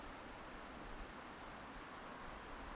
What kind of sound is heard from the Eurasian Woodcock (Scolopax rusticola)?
whistle